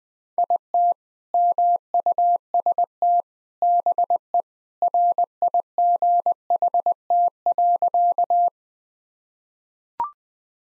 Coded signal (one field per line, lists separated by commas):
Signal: Morse code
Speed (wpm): 20 wpm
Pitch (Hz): 700 Hz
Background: none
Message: IT MUST BE RIGHT.